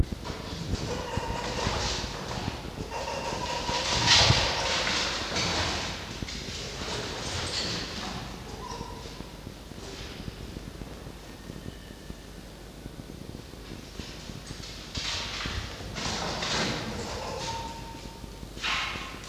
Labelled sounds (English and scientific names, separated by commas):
Red Fox (Vulpes vulpes)